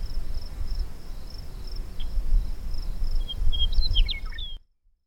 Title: Noise pollution in an isolated sagebrush steppe at 700m., w/ Meadowlark Duo